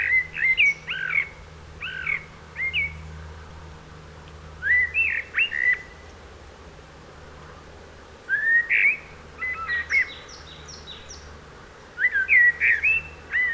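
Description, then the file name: Eurasian blackbird singing varied, melodious whistled phrases, some capped by thin high twitters, in repeated bursts with short pauses, low hum behind. "Turdus merula"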